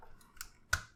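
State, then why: Seated. The plastic legs of a Transformers Legacy Velocitron Speedia 500 Collection Cosmos transforming action figure are swung forward on their hinge joints into robot-mode position. Two sharp clicks are heard at 0.4 s and 0.7 s, the second much louder. The legs lock into place.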